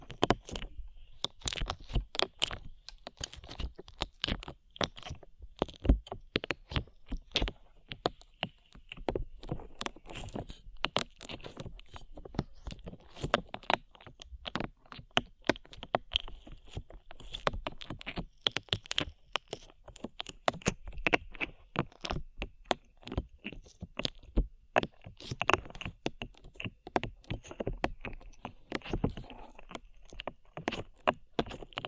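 Slime being squeezed and stretched makes a dense, continuous run of wet, sticky pops and clicks for the whole half minute. The crackles come rapidly and irregularly, some sharper than others, over a faint steady hiss.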